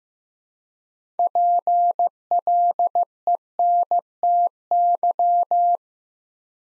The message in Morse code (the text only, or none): PLENTY